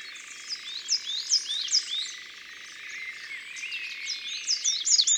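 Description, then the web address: Eurasian wren song, a long energetic run of high chirps and quick trills, rising in intensity toward the end, over a steady background hiss. "Troglodyte mignon. abc de la nature"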